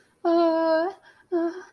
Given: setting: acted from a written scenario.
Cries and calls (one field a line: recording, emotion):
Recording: vocal sound without words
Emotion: distress